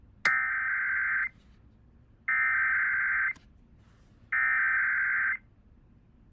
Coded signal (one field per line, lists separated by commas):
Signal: Emergency Alert System (SAME) tones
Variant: header bursts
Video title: Tests from this week (EAS# 579 584)